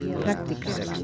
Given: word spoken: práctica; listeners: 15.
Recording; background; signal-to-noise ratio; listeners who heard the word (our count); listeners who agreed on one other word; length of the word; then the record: one Spanish word in noise, from a listening test; eight-talker babble; -0.2 dB; 0 of 15; 10 of 15; 0.64 s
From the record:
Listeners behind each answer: 10, 2, 2, 1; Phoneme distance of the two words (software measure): 7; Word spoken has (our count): 3 syllables, 8 phonemes, stress on syllable 1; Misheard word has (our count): 3 syllables, 9 phonemes, stress on syllable 1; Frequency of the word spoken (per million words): 112.36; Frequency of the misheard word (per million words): 41.21